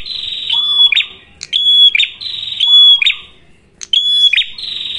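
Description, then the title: Prinia harsh buzzing calls with a bright thin whistle, a few bursts separated by short quiet gaps and a low scratchy note. Lure (pancingan) for attracting and training birds (pikat, masteran); red-headed prenjak described as gacor, a vigorous caller. "Masteran Duet Cililin Vs Kapas Tembak. Pancingan Prenjak Kepala Merah Gacor [ Sangat Cocok banget Untuk Pikat dan Masteran ]"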